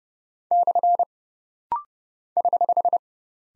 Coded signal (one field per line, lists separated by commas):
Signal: Morse code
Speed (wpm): 30 wpm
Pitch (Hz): 700 Hz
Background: none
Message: / <HH>